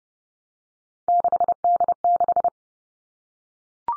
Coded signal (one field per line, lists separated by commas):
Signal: Morse code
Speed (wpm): 30 wpm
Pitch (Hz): 700 Hz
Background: none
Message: 6D6